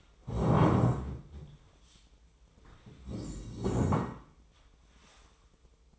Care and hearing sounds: daily activity, microphone in the room; stand up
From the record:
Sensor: 1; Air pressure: 1005.3 hPa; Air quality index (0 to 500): 124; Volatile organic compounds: 5 ppm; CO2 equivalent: 1737 ppm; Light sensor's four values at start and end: 11/27/11/12 and 11/26/10/11

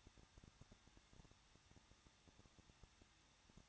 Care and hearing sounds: daily activity, microphone in the room; no activity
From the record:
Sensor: 3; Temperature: 21.2 degrees Celsius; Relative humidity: 36.3%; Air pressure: 1006.3 hPa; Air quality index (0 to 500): 221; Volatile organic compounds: 41 ppm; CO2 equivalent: 3158 ppm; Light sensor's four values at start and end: 2/3/2/2 and 2/3/2/2

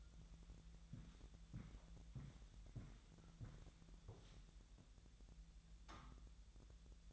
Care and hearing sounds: daily activity, microphone in the room; walk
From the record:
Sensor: 3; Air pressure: 1002.0 hPa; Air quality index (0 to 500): 240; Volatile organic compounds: 106 ppm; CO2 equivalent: 3794 ppm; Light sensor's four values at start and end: 8/20/8/8 and 8/19/8/8

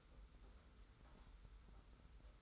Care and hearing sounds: daily activity, microphone in the room; take from stove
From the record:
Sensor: 3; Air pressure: 991.0 hPa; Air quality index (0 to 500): 102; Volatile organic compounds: 35 ppm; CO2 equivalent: 3062 ppm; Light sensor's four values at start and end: 45/124/51/44 and 45/124/51/44

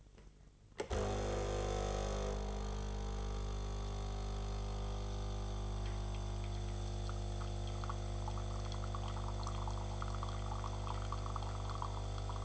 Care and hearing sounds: daily activity, microphone in the room; make coffee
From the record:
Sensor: 4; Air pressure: 995.9 hPa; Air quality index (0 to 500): 65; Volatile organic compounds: 2 ppm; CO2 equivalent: 1175 ppm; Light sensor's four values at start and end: 12/28/11/12 and 11/27/10/10

